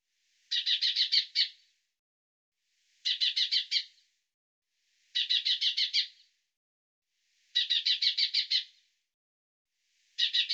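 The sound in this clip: Bird call of quick, high chattering note series, five runs spaced roughly two to two and a half seconds apart.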